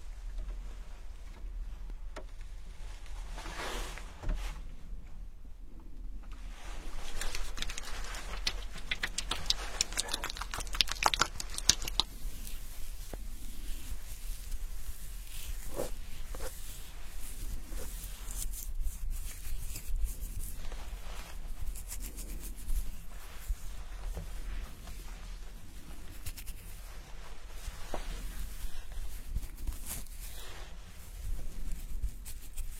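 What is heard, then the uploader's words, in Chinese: An immersive hair wash with a scalp massage: soft scratchy rubbing and crackly fizzing sounds, with a dense bright burst of scrubbing around five to twelve seconds. Afterward, quieter rustles and occasional sharp ticks continue over a steady low hum. 沉浸式洗头体验 & 头皮按摩。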